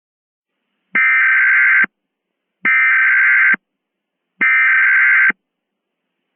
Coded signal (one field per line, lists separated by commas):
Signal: Emergency Alert System (SAME) tones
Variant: header bursts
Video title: #10 EAS Mock: The Headless Horsemen (Halloween Special 2023)